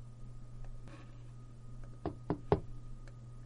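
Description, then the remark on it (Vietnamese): Three sharp knocks on a door by Diệp Viễn, the second son, at his father Diệp Hàng's door, evenly spaced and growing slightly louder, rapping over a low steady hum with no voices. “Có lẽ là thần giao cách cảm, Diệp Viễn vừa nghĩ đến nhị tử, thì tiếng gõ cửa của Diệp Viễn đã liền vang lên.”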